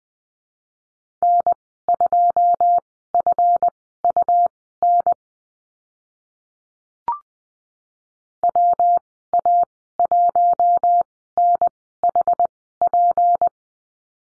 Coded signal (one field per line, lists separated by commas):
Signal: Morse code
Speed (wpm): 20 wpm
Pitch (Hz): 700 Hz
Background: none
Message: N2FUN WA1NHP